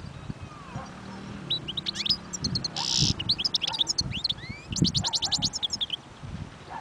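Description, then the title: European goldfinch song, bright twittering phrases with short rising notes and a buzzy burst midway, over a low rumbling background. Wild bird. "اجمل غناءالحسون الخلويchant chardonneret sauvage"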